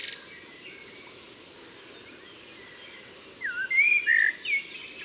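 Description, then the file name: Common blackbird giving a brief whistled phrase after a quiet stretch of several seconds. "Turdus merula"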